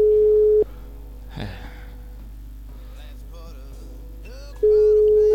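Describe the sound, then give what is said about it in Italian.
A telephone ringback tone goes unanswered during an attempted prank call: two loud, steady low-pitched beeps, one at the start and one at the end, with a long stretch of faint background sound between them. “Questo è lo squillo della disperazione.”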